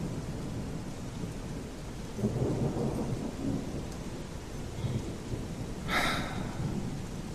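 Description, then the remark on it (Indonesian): Steady, heavy rain hisses throughout outside an office at around 10 pm while low thunder rolls and rumbles underneath, followed by a sudden bright crackle of thunder before the rain carries on alone. “Di luar masih hujan. Terpaksa aku menunggu hujan reda.”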